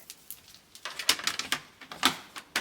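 An add-on piece is fitted onto a metal utility cart while the cart is being decorated. A series of small, sharp handling taps and knocks is heard, the strongest near 1.1, 1.3, 1.5 and 2.1 seconds. Nothing has snapped into place yet.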